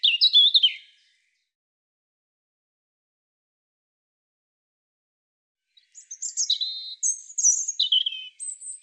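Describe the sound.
European robin song: a brief high warble at the start, a long silent gap, then a richer run of jumbled whistles and trills.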